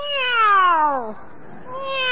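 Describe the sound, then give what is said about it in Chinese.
In a Chinese crosstalk routine, a performer is asked to imitate a dragon's call but imitates a cat instead. He gives one long, drawn-out meow that slides downward in pitch, then starts a second meow after a brief pause. “喵，喵， 这是猫。”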